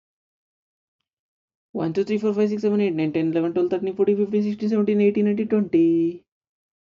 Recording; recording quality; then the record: counting at a fast pace; excellent, no background noise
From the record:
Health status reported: healthy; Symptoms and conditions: none ticked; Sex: male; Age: 28 years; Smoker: not ticked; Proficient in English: yes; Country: India